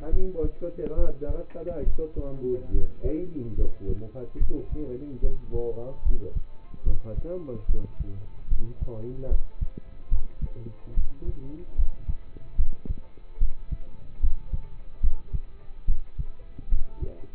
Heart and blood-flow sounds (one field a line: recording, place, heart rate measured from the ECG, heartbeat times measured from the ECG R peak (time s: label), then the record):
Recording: heart sounds by stethoscope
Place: between the tricuspid and mitral areas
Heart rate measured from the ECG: 72 bpm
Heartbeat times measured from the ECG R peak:
0.10 s: heartbeat
0.95 s: heartbeat
1.84 s: heartbeat
2.71 s: heartbeat
3.55 s: heartbeat
4.38 s: heartbeat
5.21 s: heartbeat
6.03 s: heartbeat
6.84 s: heartbeat
7.66 s: heartbeat
8.49 s: heartbeat
9.28 s: heartbeat
10.09 s: heartbeat
10.95 s: heartbeat
11.76 s: heartbeat
12.56 s: heartbeat
13.39 s: heartbeat
14.20 s: heartbeat
15.01 s: heartbeat
15.86 s: heartbeat
16.69 s: heartbeat
From the record:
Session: rest, lying down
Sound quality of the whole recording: partially saturated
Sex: male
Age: 27 years